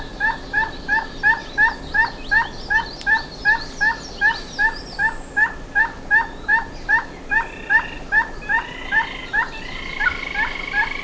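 Bird calling in short clipped notes, repeated very evenly about three times a second, with a few higher whistled sounds toward the end.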